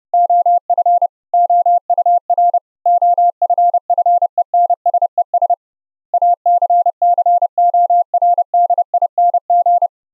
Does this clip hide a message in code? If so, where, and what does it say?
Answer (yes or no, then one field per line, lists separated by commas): yes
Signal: Morse code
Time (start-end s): 0.1-9.9 s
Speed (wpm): 30 wpm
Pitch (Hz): 700 Hz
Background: none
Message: OF OUR OFFENSES ACCORDING